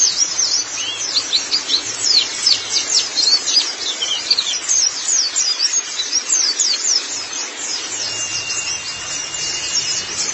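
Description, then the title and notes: White-eye song: rapid, very high twittering phrases, busiest in the first half. Pleci (white-eye) chirping song. "Suara kicauan burung pleci"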